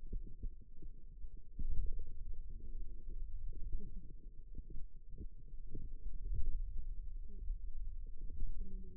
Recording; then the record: forearm muscle sounds (acoustic myography)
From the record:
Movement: pen grasping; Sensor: system 2, bracelet of six BSWA MPA416 microphones around the upper forearm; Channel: 4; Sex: female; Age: 21 years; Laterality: right